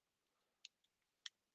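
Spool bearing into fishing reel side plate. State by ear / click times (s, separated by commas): seated / 1.3 s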